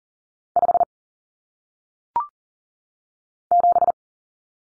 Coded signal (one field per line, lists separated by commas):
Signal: Morse code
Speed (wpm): 38 wpm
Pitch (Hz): 700 Hz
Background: none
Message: 5 7